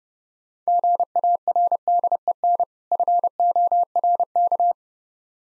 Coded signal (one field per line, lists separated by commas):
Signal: Morse code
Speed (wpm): 31 wpm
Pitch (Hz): 700 Hz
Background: none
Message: GARDEN FORK